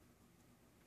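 A printhead screw is turned slowly counterclockwise in the plastic housing of the printhead carriage, searching for its original thread. Only a steady low hiss with faint handling is heard, with no distinct click or sudden sound. Nothing has clicked or seated yet.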